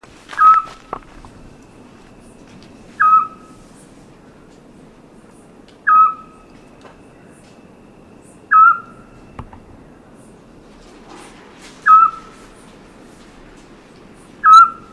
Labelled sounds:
Eurasian Scops Owl

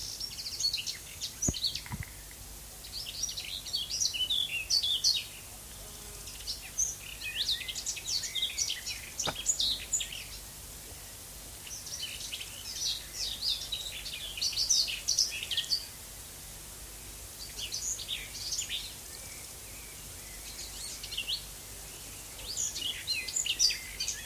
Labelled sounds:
Garden Warbler song

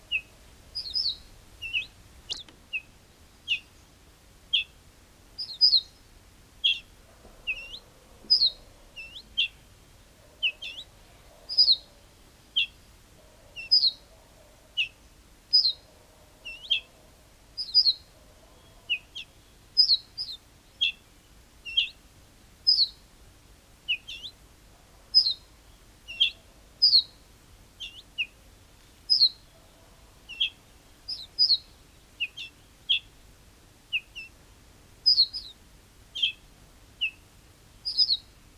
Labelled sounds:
Ortolan Bunting alarm call

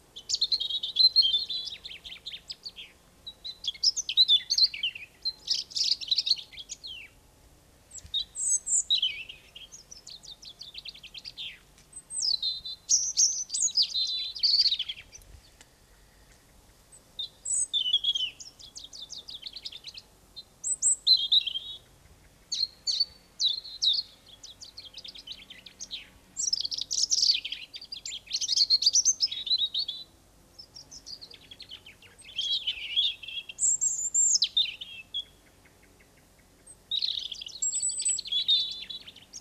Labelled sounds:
European Robin song

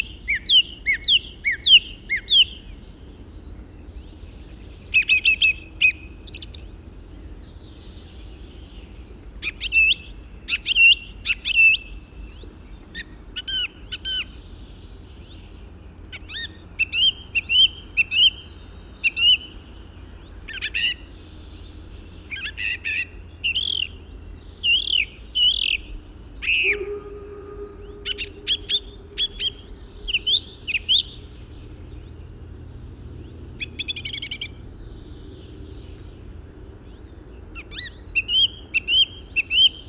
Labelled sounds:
Song Thrush song

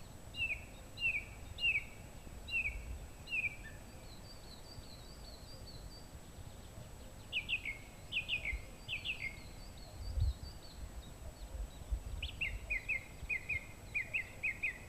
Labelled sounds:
Song Thrush song

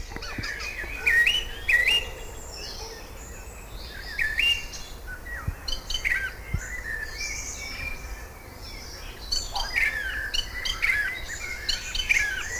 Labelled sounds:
Song Thrush song

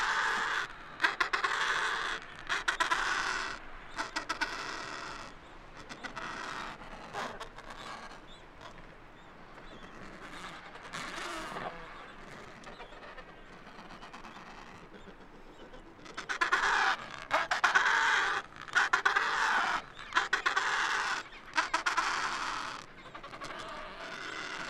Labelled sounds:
Gentoo Penguin call

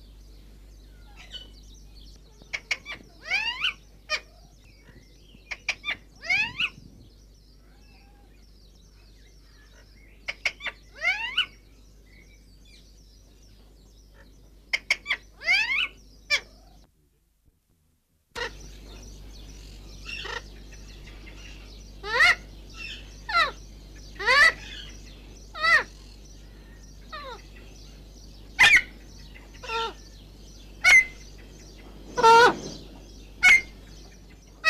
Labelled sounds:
Alexandrine Parakeet call

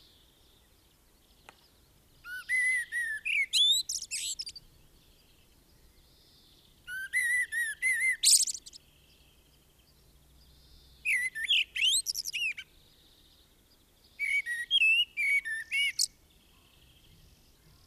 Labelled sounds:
Common Blackbird song

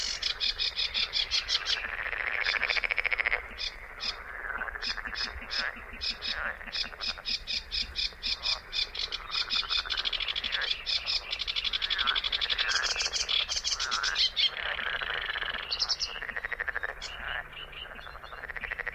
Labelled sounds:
Sedge Warbler song

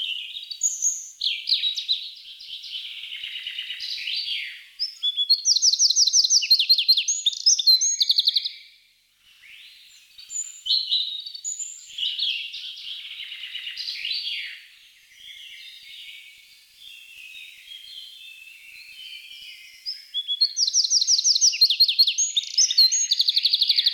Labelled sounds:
Eurasian Wren song

